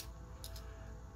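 A Fans Hobby MB-12B Wheel Blade action figure's toy sword is handled at its gray plastic sheath, where it is meant to click into place so it won't slide out. Small sharp ticks of plastic handling are heard at about 0.0, 0.4 and 0.6 seconds over steady background music. The sword has not seated or clicked into the sheath yet.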